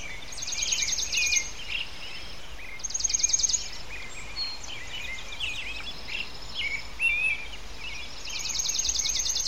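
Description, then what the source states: Bird chirps, short and scattered, with repeated high pulsed trill bursts and a steady wash of background noise throughout. Recorded in a residential area of Port Perry.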